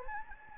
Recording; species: mosquito wingbeat signal from an infrared sensor; Anopheles gambiae